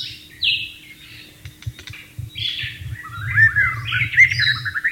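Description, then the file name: White-rumped shama song, a fluting whistle early, then a rapid, varied warbling run in the second half, with scattered clicks and low thuds throughout. Wild bird, recorded in the wild. "suara burung murai batu di alam liar"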